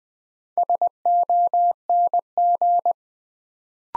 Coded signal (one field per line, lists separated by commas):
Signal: Morse code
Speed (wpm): 20 wpm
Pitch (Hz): 700 Hz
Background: none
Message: SONG